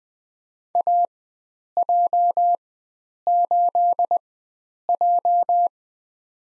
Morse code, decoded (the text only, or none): AJ8J